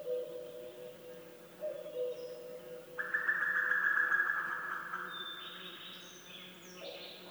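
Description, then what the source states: Birds singing: low, steady tones at the start, then a loud, buzzy, trilling phrase lasting a few seconds, with high whistles at the end. Woodland birdsong.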